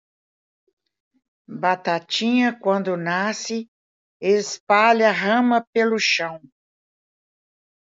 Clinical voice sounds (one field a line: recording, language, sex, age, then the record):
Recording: short text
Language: Brazilian Portuguese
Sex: female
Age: 60 to 69 years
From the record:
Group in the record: control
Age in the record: 65 years